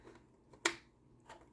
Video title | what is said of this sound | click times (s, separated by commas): Arcturus AK74 variable 30/135 round Airsoft midcap magazine, Review. | nice little click firmly clicks in and it looks gorgeous on there | 0.7 s